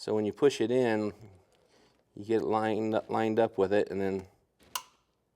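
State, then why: Seated. Someone talks while pushing a plastic electrical connector onto an oil pressure sending unit for 2000–2006 GM trucks and SUVs, held outside the engine. At 4.8 s there is a sharp snap as the locking tab catches, and the connector is seated.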